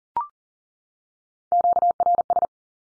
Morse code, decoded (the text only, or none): QRS